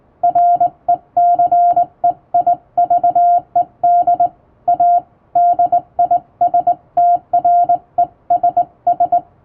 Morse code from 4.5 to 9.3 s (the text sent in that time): A DISTRESS